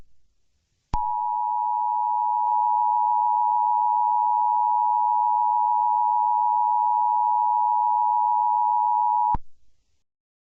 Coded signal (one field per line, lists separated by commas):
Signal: Emergency Alert System (SAME) tones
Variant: 853 and 960 Hz attention tone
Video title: The Legendary Being|An original EAS Scenario